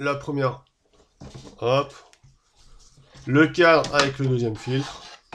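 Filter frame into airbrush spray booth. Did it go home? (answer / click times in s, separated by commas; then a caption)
no / none. Someone talks while handling the frame holding the second filter, putting it back onto the front of an airbrush spray booth, with soft rubbing and handling noises between the words. The clip ends just before the frame clips into place, so nothing has seated or clicked yet.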